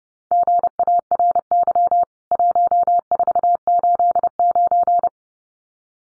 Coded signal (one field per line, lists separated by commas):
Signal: Morse code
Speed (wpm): 30 wpm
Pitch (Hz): 700 Hz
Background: none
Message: GARY 1489